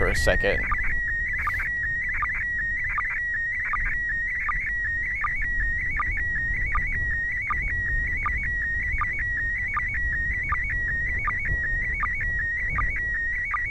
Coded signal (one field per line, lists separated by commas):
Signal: SSTV (slow-scan television)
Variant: PD 180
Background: speech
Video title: Rare MAI-75 USA ISS SSTV Reception - April 2016 Video #3